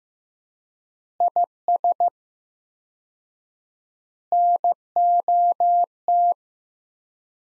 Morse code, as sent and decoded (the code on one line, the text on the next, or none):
.. ... / -. --- -
IS NOT